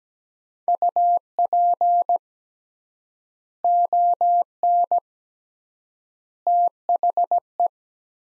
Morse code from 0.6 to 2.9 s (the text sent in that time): UP